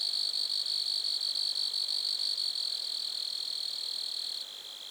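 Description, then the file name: Grasshopper: a high, continuous pulsing buzz; one strand of the sound drops out near the end, leaving a softer steady hiss. Lac-à-François, Montcerf-Lytton, Quebec, Canada. "criquets-grasshoppers- -lac-acc 80-franccca 7 ois-montcerf-lytton-quecc 81 bec-canada"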